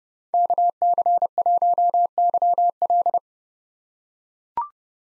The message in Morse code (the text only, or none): KC1YL